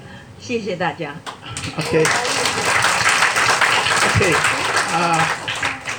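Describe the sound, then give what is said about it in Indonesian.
An audience applauds in a steady, dense wash of clapping that swells after the first second and holds loud to the end, with voices talking over it. “Saya tak mungkin mendapat tepukan atau ketawa macam dua expert tadi.”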